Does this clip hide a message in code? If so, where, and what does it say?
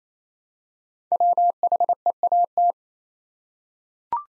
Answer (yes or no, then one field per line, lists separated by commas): yes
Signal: Morse code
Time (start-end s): 1.1-2.7 s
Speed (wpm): 28 wpm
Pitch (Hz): 700 Hz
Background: none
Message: WHEAT